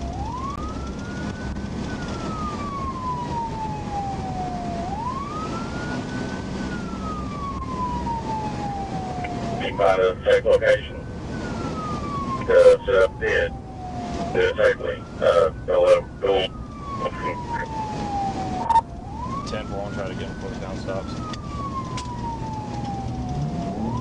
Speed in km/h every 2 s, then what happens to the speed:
130, 127, 126, 124, 124, 122, 122, 121, 118, 118, 118, 118.
0-24 slows to 118.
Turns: none.